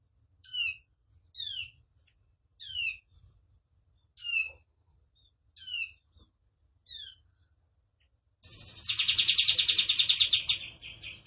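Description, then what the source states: Tembakan bird song: a string of separate, spaced downslurred chirps, then a sudden loud, fast, continuous trill. Captive cage bird singing in the lively, chatty 'gacor' style; master song for training cage birds.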